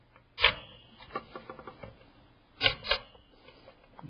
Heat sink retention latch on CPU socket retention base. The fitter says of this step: so that they lock into place